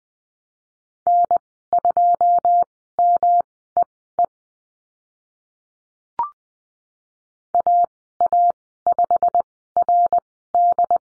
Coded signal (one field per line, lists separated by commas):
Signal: Morse code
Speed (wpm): 20 wpm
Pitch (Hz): 700 Hz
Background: none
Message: N2MEE AA5RD